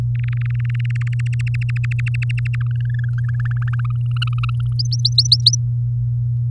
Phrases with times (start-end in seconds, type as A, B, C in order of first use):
0.15-1.14 A, 1.19-2.55 B, 2.61-4.12 C, 4.16-4.61 D, 4.79-5.55 E